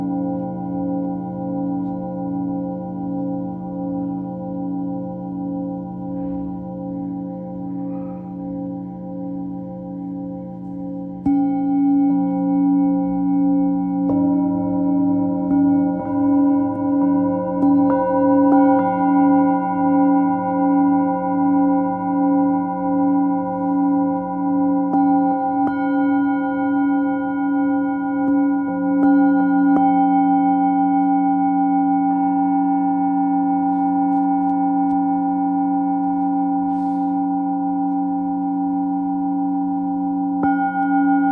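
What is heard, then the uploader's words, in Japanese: Singing bowls ring in long, overlapping sustained tones with a slow pulsing shimmer, new strikes swelling louder around eleven seconds and again near thirty. メキシコから シンギングボウルのサウンドヒーリング。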